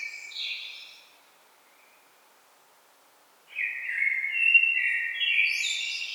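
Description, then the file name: Common blackbird giving the tail of one phrase with a high twitter, then a long pause before a fuller, mellow warbled phrase with squeaky high notes. "Turdus merula"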